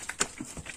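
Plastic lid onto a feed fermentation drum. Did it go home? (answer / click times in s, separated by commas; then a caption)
no / none. A plastic lid is handled on a fermentation feed drum, about to be pressed down until it clicks shut. Soft knocks and light rustling are heard, with one short, sharp knock around 0.2 s. Nothing has seated or clicked yet.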